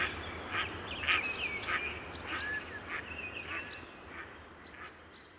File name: Mallard (Anas platyrhynchos)